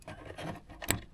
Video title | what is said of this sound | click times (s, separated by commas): Land Rover 8HP Shifter Knob Failure - Fuel Buring Heater Upgrade - Discovery 4 / S6 - EP 05 | Yeah, that clicked in. You heard that? | 0.9 s